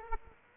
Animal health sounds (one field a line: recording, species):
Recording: mosquito wingbeat signal from an infrared sensor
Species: Aedes aegypti